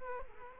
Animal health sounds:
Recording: mosquito wingbeat signal from an infrared sensor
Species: Culex quinquefasciatus

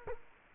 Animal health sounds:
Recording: mosquito wingbeat signal from an infrared sensor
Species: Culex quinquefasciatus

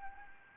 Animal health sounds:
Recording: mosquito wingbeat signal from an infrared sensor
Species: Anopheles gambiae

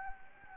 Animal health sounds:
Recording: mosquito wingbeat signal from an infrared sensor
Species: Anopheles gambiae

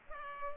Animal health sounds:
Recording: mosquito wingbeat signal from an infrared sensor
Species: Culex pipiens

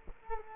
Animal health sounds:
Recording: mosquito wingbeat signal from an infrared sensor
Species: Culex quinquefasciatus

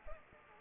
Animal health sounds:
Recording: mosquito wingbeat signal from an infrared sensor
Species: Anopheles arabiensis

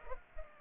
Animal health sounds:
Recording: mosquito wingbeat signal from an infrared sensor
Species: Culex pipiens

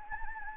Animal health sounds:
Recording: mosquito wingbeat signal from an infrared sensor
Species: Anopheles gambiae

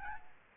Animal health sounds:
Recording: mosquito wingbeat signal from an infrared sensor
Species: Aedes albopictus

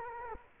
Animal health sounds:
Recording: mosquito wingbeat signal from an infrared sensor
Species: Culex quinquefasciatus

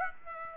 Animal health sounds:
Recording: mosquito wingbeat signal from an infrared sensor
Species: Aedes aegypti

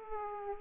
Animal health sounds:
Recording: mosquito wingbeat signal from an infrared sensor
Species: Aedes aegypti

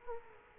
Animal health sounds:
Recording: mosquito wingbeat signal from an infrared sensor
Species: Culex quinquefasciatus

